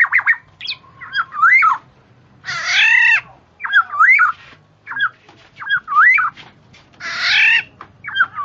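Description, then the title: Black-naped oriole vocalizing: two harsh, nasal drawn-out calls among quick whistled upward slurs. Female bird; chattering song (ocehan), used for luring. "ocehan kepodang BETINA untuk panci"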